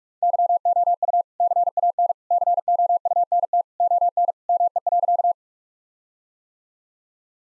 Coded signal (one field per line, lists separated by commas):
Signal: Morse code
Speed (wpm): 46 wpm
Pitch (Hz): 700 Hz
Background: none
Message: YOU CAN COUNT ON ME.